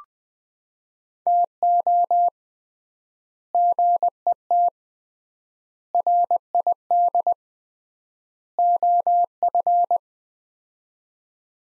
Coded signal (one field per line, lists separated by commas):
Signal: Morse code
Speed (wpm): 20 wpm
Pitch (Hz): 700 Hz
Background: none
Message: TO GET RID OF